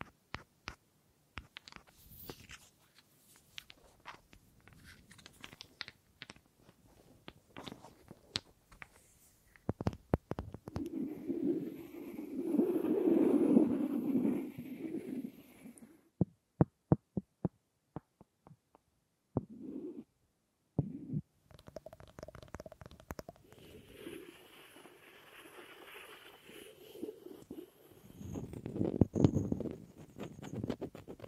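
Wood triggers: sharp, sparse taps and clicks on wood open the recording, then give way around ten seconds to a dense, low scraping or rubbing that swells and fades. More scattered taps follow, and the last third blends steady rubbing with frequent crisp knocks.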